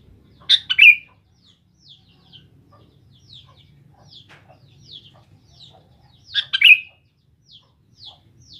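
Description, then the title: Sooty-headed bulbul: two quick, liquid phrases about six seconds apart, with faint, thin high chirps scattered between them. "Kutilang"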